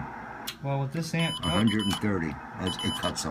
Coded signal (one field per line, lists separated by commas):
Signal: Morse code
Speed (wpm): 20 wpm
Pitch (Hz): 3000 Hz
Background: speech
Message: Q R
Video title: HF autotuner MFJ-998 Intellituner